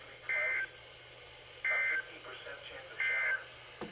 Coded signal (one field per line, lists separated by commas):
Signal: Emergency Alert System (SAME) tones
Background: speech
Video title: I dont know what I should put the title to (5/3/22) (EAS #143-147)